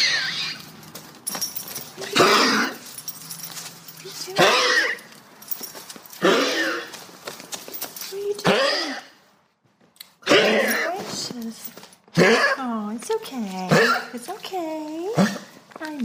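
An excited dog makes repeated raspy, honking breath bursts about every two seconds, wheezing.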